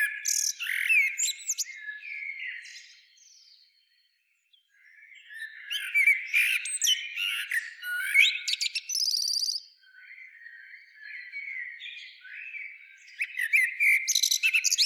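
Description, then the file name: Common blackbird singing repeated phrases: fluting warbles mixed with sharp high squeaks, a short pause around four seconds, then more phrases and a final burst. "Turdus merula"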